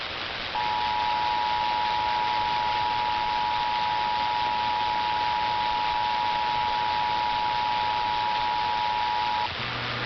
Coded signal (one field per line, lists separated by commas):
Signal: Emergency Alert System (SAME) tones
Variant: 853 and 960 Hz attention tone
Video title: Required Monthly Tests from May 4 2026 EAS 652-656